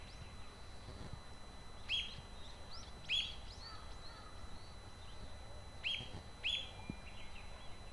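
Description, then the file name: Masked laughingthrush giving short, sharp high call notes, with softer chirps between and a constant low rumble underneath. Ground call (call note, not song). "kaogurogabicyo jinaki"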